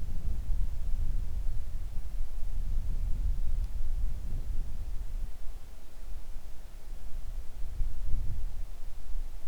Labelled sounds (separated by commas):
wind